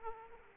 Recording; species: mosquito wingbeat signal from an infrared sensor; Aedes aegypti